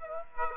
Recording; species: mosquito wingbeat signal from an infrared sensor; Aedes aegypti